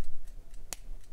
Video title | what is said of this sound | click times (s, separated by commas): 2022 New Model Hongdian 1861 Black Forest Solid Brass Fountain Pen Unboxing and Review | it posts with a click | 0.7 s